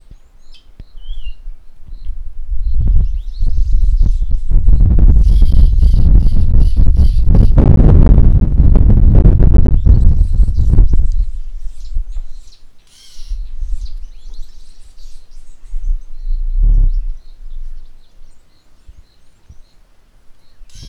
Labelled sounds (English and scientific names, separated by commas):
Little Weaver (Ploceus luteolus)